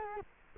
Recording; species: mosquito wingbeat signal from an infrared sensor; Culex quinquefasciatus